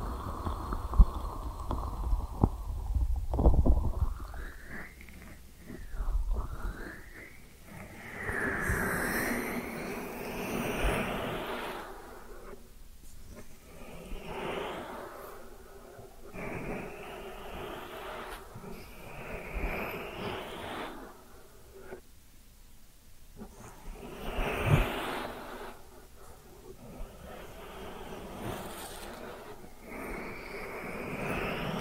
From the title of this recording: Ear Cleaning Triggers